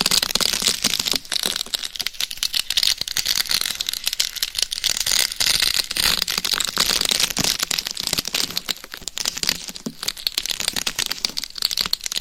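Microphones being scratched, a dense, continuous crackle of crinkly scraping strokes with no pauses across the twelve seconds. The sound is bright and hissy, with sharp crackling clicks scattered throughout, and a faint low rumble from handling underneath.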